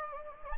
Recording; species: mosquito wingbeat signal from an infrared sensor; Anopheles gambiae